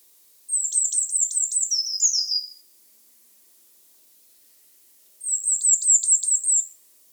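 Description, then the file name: Eurasian blue tit calling twice: a rapid series of high, downward-flicking notes ending in a scratchy chatter, then a pause of a few seconds and another similar series. "Cyanistes caeruleus"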